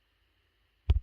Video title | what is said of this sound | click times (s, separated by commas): Amazon Product Showcase Stream with Nate | all right that back piece swings down to lock into place on the right hand side | 0.9 s